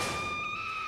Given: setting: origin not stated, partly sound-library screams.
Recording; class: one-second piece from a danger detection set; woman in danger